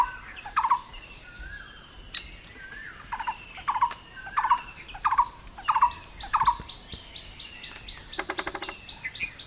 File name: Dendrocopos macei - Fulvous-breasted Woodpecker